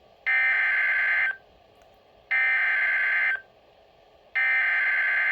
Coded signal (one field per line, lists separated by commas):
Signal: Emergency Alert System (SAME) tones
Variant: header bursts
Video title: DOUBLE HEADER - 2 Severe Thunderstorm Warnings (EAS #25-26)